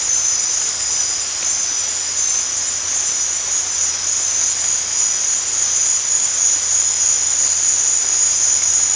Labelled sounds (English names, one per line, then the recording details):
none
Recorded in dense forest near Puerto Asís, Putumayo, Colombia, on 22 December 2024 at 19:30
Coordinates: 0.468, -76.322
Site G071